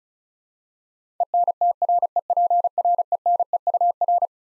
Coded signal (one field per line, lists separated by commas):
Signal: Morse code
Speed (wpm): 36 wpm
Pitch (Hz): 700 Hz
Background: none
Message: ENTREPRENEUR